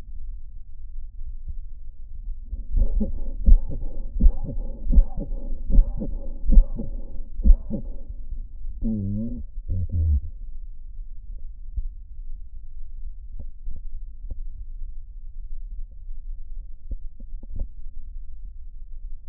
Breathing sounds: lung sounds by stethoscope; left anterior apical chest; quiet breathing, then cough and speech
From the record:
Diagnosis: interstitial lung disease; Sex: male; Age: 65 years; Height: 161 cm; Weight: 74.6 kg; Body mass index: 28.8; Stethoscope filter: diaphragm mode

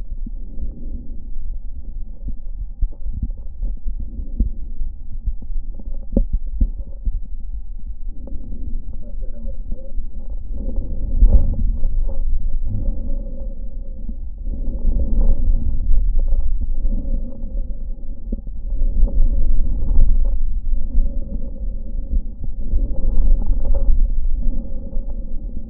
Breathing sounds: lung sounds by stethoscope; left anterior apical chest; quiet breathing, then deep breathing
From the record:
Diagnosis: pulmonary infection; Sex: male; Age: 86 years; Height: 165 cm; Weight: 65 kg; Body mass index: 23.9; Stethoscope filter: diaphragm mode

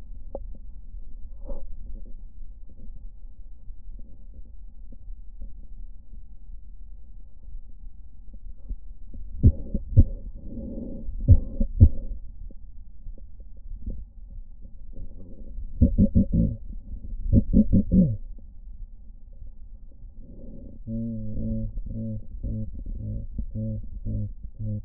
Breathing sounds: lung sounds by stethoscope; left posterior basal chest; quiet breathing, then cough and speech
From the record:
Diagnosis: none (healthy); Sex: male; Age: 23 years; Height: 185 cm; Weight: 93 kg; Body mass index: 27.2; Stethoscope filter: diaphragm mode

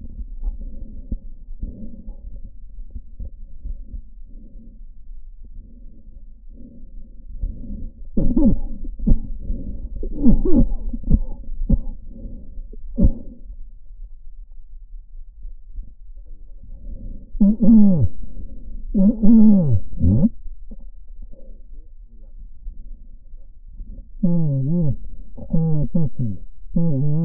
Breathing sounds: lung sounds by stethoscope; right posterior apical chest; quiet breathing, then cough and speech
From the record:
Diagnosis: COPD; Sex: male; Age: 75 years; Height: 182 cm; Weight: 98 kg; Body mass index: 29.6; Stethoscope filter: diaphragm mode

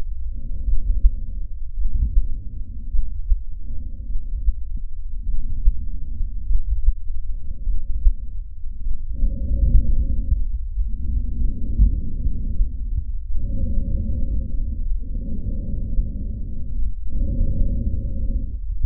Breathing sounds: lung sounds by stethoscope; trachea; quiet breathing, then deep breathing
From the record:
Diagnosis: asthma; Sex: female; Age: 72 years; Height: 160 cm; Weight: 63.4 kg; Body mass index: 24.8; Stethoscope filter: bell mode

